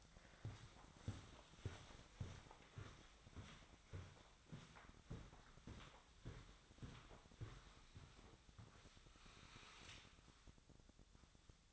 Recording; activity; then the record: daily activity, microphone in the room; walk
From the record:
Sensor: 3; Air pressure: 1009.3 hPa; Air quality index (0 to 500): 194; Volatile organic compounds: 4 ppm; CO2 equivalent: 1564 ppm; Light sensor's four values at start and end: 58/151/66/69 and 59/151/67/70